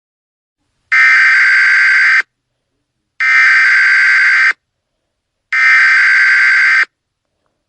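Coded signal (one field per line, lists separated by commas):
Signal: Emergency Alert System (SAME) tones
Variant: header bursts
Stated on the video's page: Fictional EAS scenario alert.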